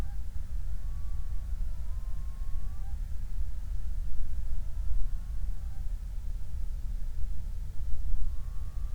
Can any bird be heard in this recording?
yes